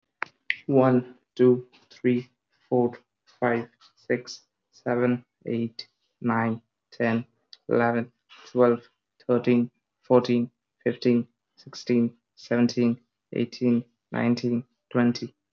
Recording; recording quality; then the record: counting at a normal pace; excellent, no background noise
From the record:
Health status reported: recovered from COVID-19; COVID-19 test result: positive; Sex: male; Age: 22 years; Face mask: not worn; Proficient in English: yes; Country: India